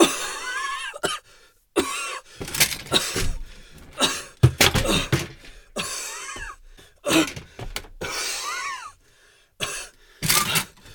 Cough.